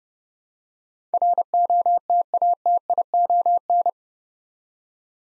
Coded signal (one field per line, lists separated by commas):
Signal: Morse code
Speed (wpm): 30 wpm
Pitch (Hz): 700 Hz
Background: none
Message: ROTATION